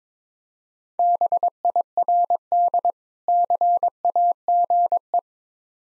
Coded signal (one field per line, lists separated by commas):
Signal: Morse code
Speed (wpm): 21 wpm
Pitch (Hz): 700 Hz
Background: none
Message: BIRD CAGE